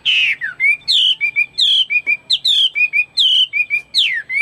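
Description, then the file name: Chinese hwamei song: clear loud whistles alternating high falling slurs with short level notes. "omkicau hwamei"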